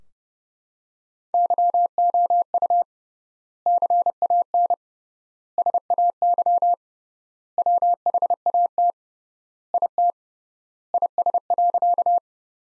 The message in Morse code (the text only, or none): YOU CAN SAY WHAT IT IS.